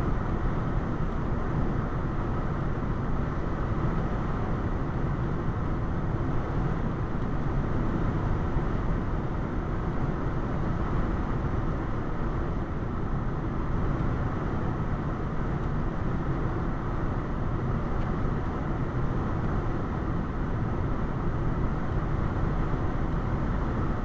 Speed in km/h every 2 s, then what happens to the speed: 95, 95, 95, 95, 95, 95, 95, 95, 95, 95, 95, 95.
0-24 steady at about 95.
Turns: none.